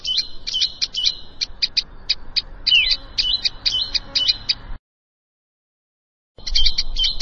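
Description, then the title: Plain prinia song: rapid, high, buzzy chirps and clipped notes with a few downward slurs, broken by a sudden silent gap before the chirping resumes. "Ciblek Sawah"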